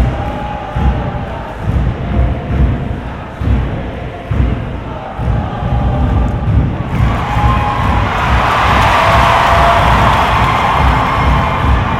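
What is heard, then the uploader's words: A stadium crowd at a soccer game murmurs through a lull between plays, a dense steady wash of many voices with low rumbling underneath. Around seven seconds the roar swells and brightens, staying louder and fuller through the end. Binaural soccer game, Portland Thorns vs Houston Dash. The lull between plays and between chants and songs in the stadium. This was recorded with binaural mics from the top of the cheap seats, away from people talking. It's behind the goal so there is an entire music/drum/singing/spirit section off to the left nearby that never stops throughout the game.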